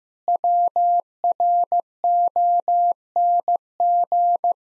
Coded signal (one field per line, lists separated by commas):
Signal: Morse code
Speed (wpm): 15 wpm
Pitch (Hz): 700 Hz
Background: none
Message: WRONG